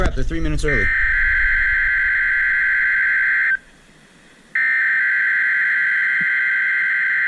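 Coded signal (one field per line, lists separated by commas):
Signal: Emergency Alert System (SAME) tones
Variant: header bursts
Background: speech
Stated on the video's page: Required Weekly Test on weather radio station WXJ53 with perfect signal.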